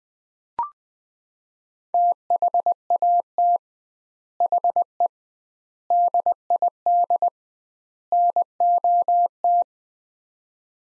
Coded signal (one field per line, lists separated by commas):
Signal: Morse code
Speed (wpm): 21 wpm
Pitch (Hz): 700 Hz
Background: none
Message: THAT HE DID NOT